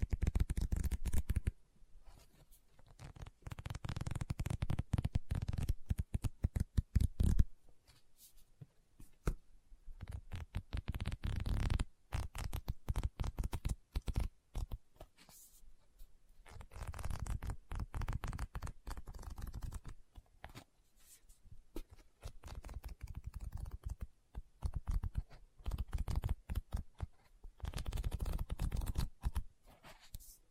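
Dry tapping and scratching on a book, in dense bursts of quick strokes with short pauses around 2, 8–10 and 15 seconds. Papery rustles and a thin, crisp texture run through the louder stretches, suggesting page handling.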